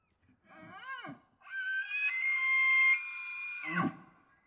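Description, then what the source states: Elk bull bugling: a short arching note, then a long high whistled scream held steady for about two seconds, ending in a rough grunt. Bull elk screaming in rutting season, Colockum Wildlife area, high plateau east of the Cascades, Washington, pine stands; morning of September 18 from pre-dawn; males vocal just before hunting season.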